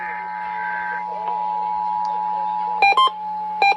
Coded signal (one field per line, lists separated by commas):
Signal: Emergency Alert System (SAME) tones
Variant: 853 and 960 Hz attention tone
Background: speech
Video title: EAS 3314-3325: Pennsylvania Required Monthly Test for July 2022